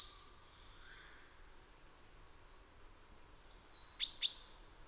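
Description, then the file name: Chaffinch calls: faint high thin whistles early on, then two sharp, loud high chips in quick succession near the end. "Fringilla coelebs"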